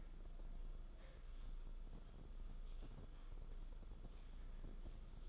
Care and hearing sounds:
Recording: daily activity, microphone in the room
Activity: typing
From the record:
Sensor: 5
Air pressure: 994.5 hPa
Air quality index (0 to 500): 171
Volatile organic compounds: 622 ppm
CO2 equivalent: 4963 ppm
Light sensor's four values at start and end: 9/23/9/10 and 9/23/9/10

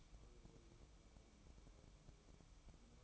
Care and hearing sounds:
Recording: daily activity, microphone in the room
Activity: light on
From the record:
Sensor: 1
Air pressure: 1008.0 hPa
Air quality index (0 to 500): 122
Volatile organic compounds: 2 ppm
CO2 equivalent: 1030 ppm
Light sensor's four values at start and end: 8/19/8/8 and 13/40/15/16

